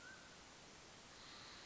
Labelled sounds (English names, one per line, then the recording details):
Mountain Quail
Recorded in Sonoma County, California